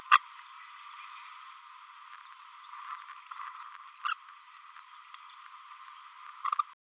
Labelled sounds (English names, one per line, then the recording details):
Green-rumped Parrotlet babbling
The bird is a male
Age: 24 days
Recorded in a nest box in Venezuela
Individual 17B31A1